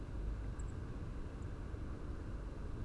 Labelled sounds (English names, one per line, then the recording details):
Song Thrush
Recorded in Germany
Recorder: ecoPi